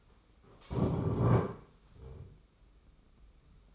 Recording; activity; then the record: daily activity, microphone in the room; stand up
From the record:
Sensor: 1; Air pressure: 991.7 hPa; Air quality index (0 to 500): 156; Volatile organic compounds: 1000 ppm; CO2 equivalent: 5817 ppm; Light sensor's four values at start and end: 31/103/40/41 and 30/100/39/39